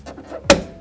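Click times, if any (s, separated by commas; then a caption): 0.5 s. A plastic dome light lens cover on a 2000-2007 Mitsubishi Lancer is pressed back into the car's interior dome light housing after an LED is installed. After faint rustling, one loud, sharp click at 0.5 s shows the cover has seated securely.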